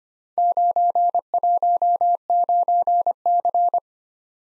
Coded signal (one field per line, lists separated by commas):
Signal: Morse code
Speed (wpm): 26 wpm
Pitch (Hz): 700 Hz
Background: none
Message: 919C